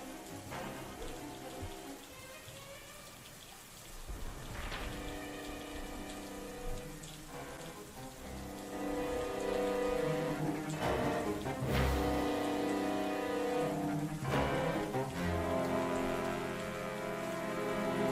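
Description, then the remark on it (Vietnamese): Steady, dense rain pours down on a street in a continuous hiss of drops striking the hard road surface, growing heavier and louder around the midpoint and staying strong to the end. “Những dòng máu từ cái xác hòa vào những dòng nước mưa, biến cả một đoạn đường thành một vũng đỏ thẫm, màu của tội ác.”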